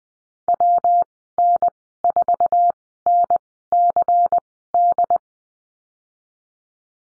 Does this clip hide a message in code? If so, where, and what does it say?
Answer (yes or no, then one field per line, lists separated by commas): yes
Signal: Morse code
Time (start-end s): 0.5-5.2 s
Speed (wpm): 20 wpm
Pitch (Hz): 700 Hz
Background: none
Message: WN4NCD